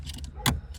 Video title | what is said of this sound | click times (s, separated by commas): Chevy Corsica Steering Wheel Tear Down | push this ring till it snaps into its spot. | 0.5 s